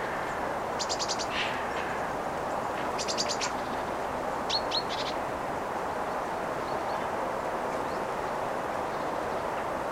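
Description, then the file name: Great tit calls: buzzy, harsh churring bursts twice, then a pair of thin high notes, set against constant low rumbling noise. "Parus major"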